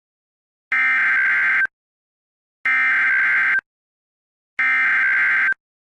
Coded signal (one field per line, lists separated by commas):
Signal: Emergency Alert System (SAME) tones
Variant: header bursts